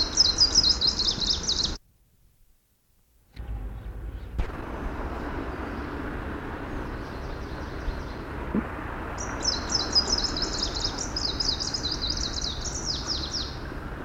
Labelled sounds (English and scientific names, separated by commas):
Greenish Warbler (Phylloscopus trochiloides) song